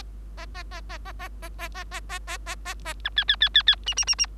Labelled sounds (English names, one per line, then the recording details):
Bengalese Finch song
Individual Bird3